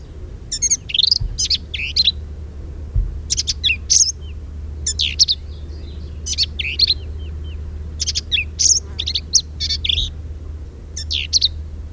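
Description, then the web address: Black-capped vireo singing fast, varied phrases of sharp chattering and slurred high notes, short bursts repeated every second or two over a low steady hum. Recorded at Quanah Parker Dam on 10 May 2007. "Black-capped Vireo Sounds Quanah Parker Dam 2007-0510"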